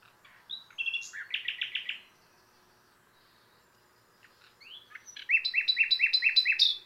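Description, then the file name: Common nightingale singing two phrases split by a pause: mixed chirps leading into rapid repeated notes, then a louder, fast series of sharp, ringing repeated notes. "Luscinia megarhynchos"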